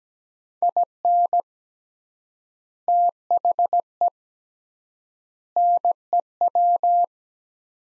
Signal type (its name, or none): Morse code